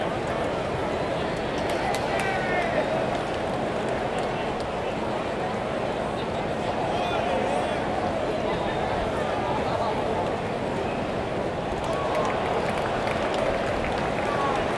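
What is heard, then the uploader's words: A ballgame crowd fills the air with a dense, steady murmur of many voices, no single speaker standing out. Brief raised calls or whistles rise above the din now and then, near the start, around the middle and again toward the end. A Day at the Ballgame.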